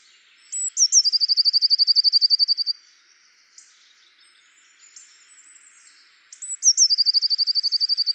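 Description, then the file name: Eurasian blue tit singing twice: each phrase has sharp high introductory notes and then a quick trill, with the second phrase starting about six seconds after the first. "Cyanistes caeruleus"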